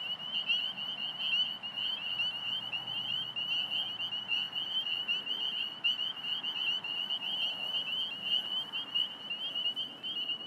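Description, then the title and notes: Spring peeper chorus: many shrill peeps blending into a steady high ringing, over faint traffic noise. Several calling in recently mowed cattail and grass habitat, Alexandria, Virginia, USA, 27 March 2017, 8:06 pm, traffic in background, recorded with phone. "Spring Peepers calling despite their habitat having been recently mowed down (cattails, grasses). Traffic noises in background from Fort Hunt Rd. Alexandria, VA. Recorded 032717 at 8:06pm"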